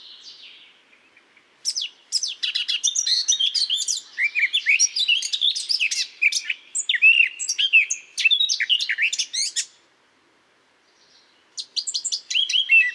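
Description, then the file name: Eurasian blackcap song, a long stream of lively warbled and whistled notes for about eight seconds, a pause, then the warbling resumes. "Sylvia atricapilla"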